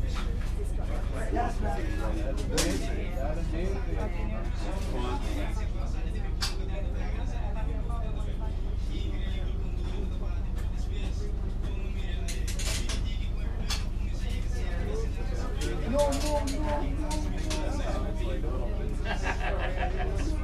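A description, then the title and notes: A local bus ride, with a steady low engine rumble filling the whole stretch at an even loudness. People talk over it throughout, voices rising and falling in murmured conversation. Sharp clicks and rattles punctuate the ride, notably around 2.5, 6.5 and 12.5 seconds. Riding The Local Bus In Aruba (Ambient Sounds,Bus Sounds, Road Sounds, People Talking). In this episode we are riding the local bus from Palm Beach in Aruba back to the cruise port. The bus is filled with charismatic characters especially the bus driver.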